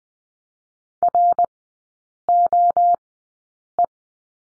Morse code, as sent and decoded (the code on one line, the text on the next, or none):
.-. --- .
ROE